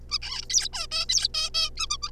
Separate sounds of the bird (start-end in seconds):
0.10-0.18, 0.22-0.45, 0.50-0.69, 0.73-0.86, 0.91-1.05, 1.09-1.28, 1.34-1.50, 1.54-1.70, 1.77-1.87, 1.90-1.98, 2.02-2.11